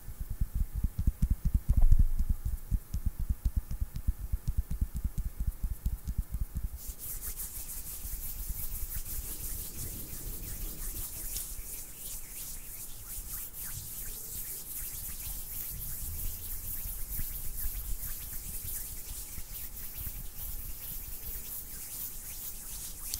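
Hands rub and brush together with intense friction. For the first seven seconds the rubbing is low and thumping, in quick regular strokes; then it turns to a bright, hissing scratch that stays dense and fairly even to the end.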